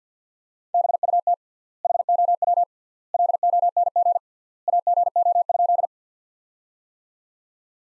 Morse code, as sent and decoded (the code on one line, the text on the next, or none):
-... ..- - / .... --- .-- / .-.. --- -. --. / .- --. --- ..--..
BUT HOW LONG AGO?